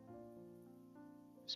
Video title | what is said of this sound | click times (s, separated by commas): Building the LEGO Creator 3-in-1 Space Astronaut - LEGO Set #31152 | Just pops right in there. | 1.5 s